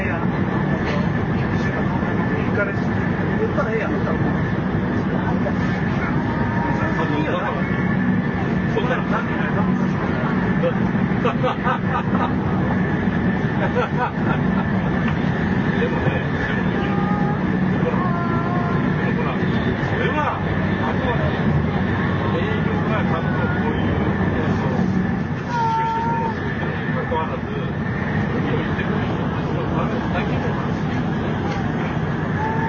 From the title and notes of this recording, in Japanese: JRN700系 京都〜新横浜。ひかり530号に乗車し、録音しました。